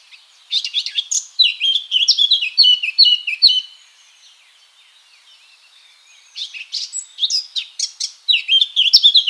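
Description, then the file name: Eurasian blackcap song: two rich, rapid warbling phrases of varied high, slurred notes, separated by a pause of a few seconds. "Sylvia atricapilla"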